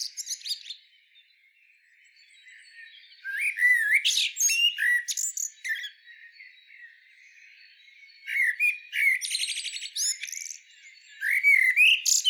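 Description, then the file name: Common blackbird song, fluty warbled phrases followed by scratchy high twitters, coming in several bursts separated by quiet stretches. "Turdus merula"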